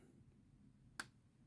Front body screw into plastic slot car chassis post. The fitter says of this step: little click